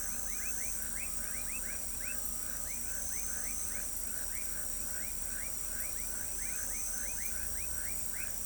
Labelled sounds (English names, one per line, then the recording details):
none
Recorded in pastures near Pivijay, Magdalena, Colombia, on 5 June 2023 at 19:30
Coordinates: 10.456, -74.369
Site P6-G026